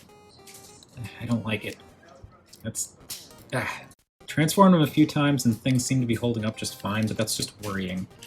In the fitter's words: trying to bring this down but this does click into place here it's just very kind of